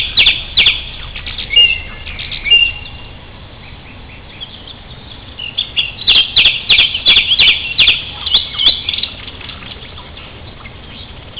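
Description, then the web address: Sparrow chirps in quick, irregular bursts: a few sharp notes at the start, then dense chattering through the second half. "galeries moineaux oiseaux"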